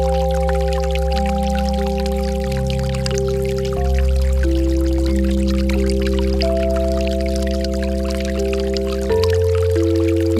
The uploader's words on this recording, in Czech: Léčivé frekvence 528hz a 444hz se zvuky vody.